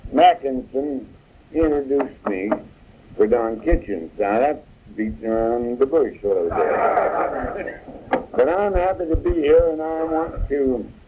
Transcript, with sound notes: Mackenson introduced me for Don Kitchens. Now that beats around the bush a little bit. (laughter) But I'm happy to be here, and I want to